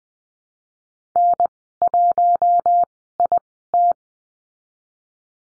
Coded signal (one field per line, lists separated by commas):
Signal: Morse code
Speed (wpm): 19 wpm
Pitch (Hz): 700 Hz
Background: none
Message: N1IT